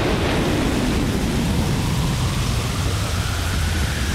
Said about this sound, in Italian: Questo forte vento sta spazzando via le scenografie, danneggiando i materiali, sta trasformando il terreno in una palude.